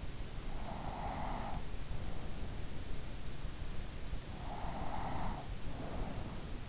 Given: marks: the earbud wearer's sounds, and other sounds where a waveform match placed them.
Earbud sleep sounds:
sounds in sleep by an in-ear microphone; breath
0.82-2.68 s: breath
4.02-6.56 s: breath

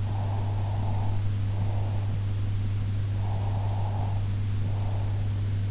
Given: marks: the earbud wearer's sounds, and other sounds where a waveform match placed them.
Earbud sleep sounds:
sounds in sleep by an in-ear microphone; breath
0.10-2.16 s: breath
3.21-5.19 s: breath

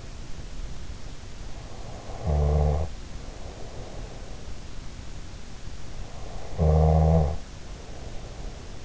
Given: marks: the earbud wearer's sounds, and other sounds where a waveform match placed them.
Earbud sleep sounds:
sounds in sleep by an in-ear microphone; snoring breath
1.58-4.39 s: snoring breath
6.24-8.85 s: snoring breath

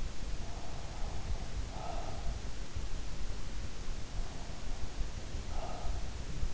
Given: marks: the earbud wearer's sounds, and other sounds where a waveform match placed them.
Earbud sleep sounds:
sounds in sleep by an in-ear microphone; breath
0.25-2.71 s: breath
5.22-6.54 s: breath

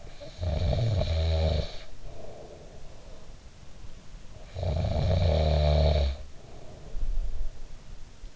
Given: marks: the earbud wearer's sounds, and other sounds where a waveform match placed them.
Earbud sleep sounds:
sounds in sleep by an in-ear microphone; snoring breath
0.00-3.32 s: snoring breath
4.32-7.83 s: snoring breath

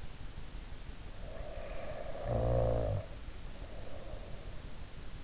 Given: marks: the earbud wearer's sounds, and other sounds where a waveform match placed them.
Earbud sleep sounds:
sounds in sleep by an in-ear microphone; snoring breath
1.10-4.59 s: snoring breath

